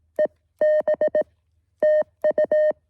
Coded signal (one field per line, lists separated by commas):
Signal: Morse code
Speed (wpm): 18 wpm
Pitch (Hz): 620 Hz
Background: none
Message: EB TU